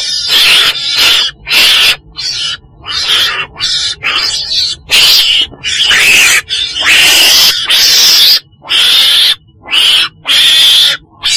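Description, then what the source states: Weasel calling with grating screeches in bursts of uneven length, some short and clipped, others drawn out with a thin whistled tone. Black weasel (chồn đen) calling.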